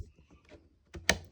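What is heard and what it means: A RAM module is pushed further into a motherboard memory slot, and the slot latch gives a second sharp click at 1.1 s as the module seats. Faint handling sounds come before it. The module is seated and the latch closes.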